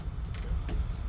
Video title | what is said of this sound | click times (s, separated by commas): Do you need an enclosure for 3D printers? FNATR Enderbox S1 3D Printer Enclosure Review | then the filter just clicks in place | 0.3 s, 0.7 s